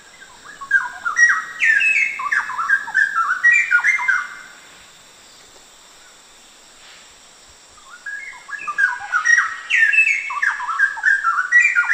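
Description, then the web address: Straw-headed bulbul song in two loud bursts of rollicking, liquid whistled notes that cascade up and down, separated by a few seconds of quiet with a constant high hum. Recorded at Danum on 1 August 2009. "DANUM 20090801. straw-headed bulbul"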